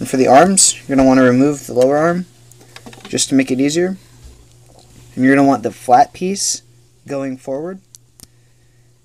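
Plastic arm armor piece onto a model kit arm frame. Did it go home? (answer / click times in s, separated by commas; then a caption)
yes / 8.2 s. Someone talks while sliding a flat plastic armor piece of a Frame Arms XFA-01 W2 Specter model kit forward over the joint piece of the arm frame, with the lower arm removed to make it easier. A sharp click at 8.2 s marks the piece seating into place, a fit that helps hold the arm together even without glue.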